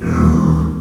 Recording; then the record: squeal of a Yucatan mini pig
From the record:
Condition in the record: after surgery on the right vocal fold (resection and tissue-engineered implant); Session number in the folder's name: 16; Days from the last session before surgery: 183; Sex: female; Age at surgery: 19 weeks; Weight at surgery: 25 kg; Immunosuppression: prednisolone